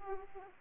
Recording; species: mosquito wingbeat signal from an infrared sensor; Aedes aegypti